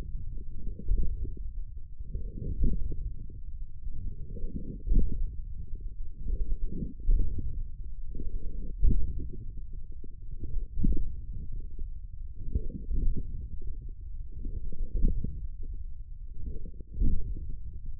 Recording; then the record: forearm muscle sounds (acoustic myography)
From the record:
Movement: radial deviation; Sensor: system 1, eight BSWA MPA416 microphones around the upper forearm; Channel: 6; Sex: male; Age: 42 years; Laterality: right